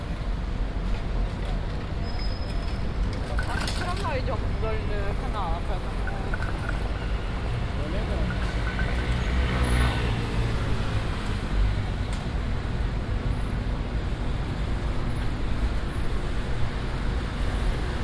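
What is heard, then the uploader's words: A busy Amsterdam street with a steady, dense rumble of traffic throughout. Around the four to six second mark, brief rising and falling tones cut through, and later, near ten seconds, another passing vehicle swells and fades. The overall level stays constant. Amsterdam Street Sounds.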